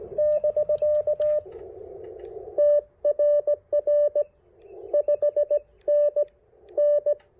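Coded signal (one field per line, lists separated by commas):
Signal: Morse code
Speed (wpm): 18 wpm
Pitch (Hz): 600 Hz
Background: radio noise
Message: <BK> TRR 5NN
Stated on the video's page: QRP CW POTA park activation with an Icom IC-705 into a Chameleon Tactical Delta Loop antenna on 10, 12, 15, 17 and 20 meters.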